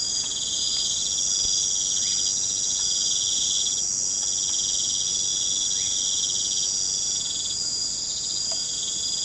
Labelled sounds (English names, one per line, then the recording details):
none
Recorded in pastures near Puerto Asís, Putumayo, Colombia, on 30 June 2025 at 20:00
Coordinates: 0.472, -76.331
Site G095